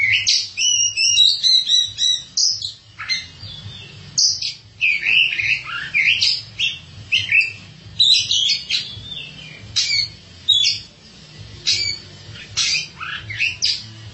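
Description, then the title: Oriental magpie-robin delivering a long, lively song of clear whistles, downward slurs, buzzy notes and quick chips, phrases following closely one after another over a steady low hum. Kacer song. "Suara Kicauan Burung Kacer Durasi Panjang"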